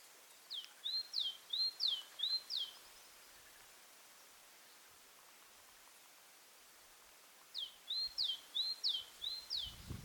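Great tit singing two bouts of about four bright two-note phrases each, a falling note then a level one, with a quiet pause of several seconds between.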